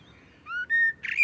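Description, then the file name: Common blackbird calling: a rising whistled note, then a steady clear whistle, then a short buzzy burst and a high, thin whistle. "Turdus merula"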